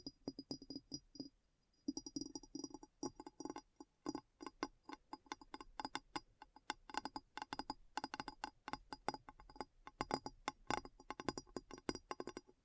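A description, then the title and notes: ASMR tapping in quick, dense bursts of crisp clicks with a faint glassy ring, briefly pausing near two seconds before continuing steadily. ASMR Addictive Tapping. (No Talking).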